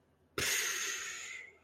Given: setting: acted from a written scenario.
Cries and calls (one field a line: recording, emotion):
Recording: vocal sound without words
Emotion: disappointment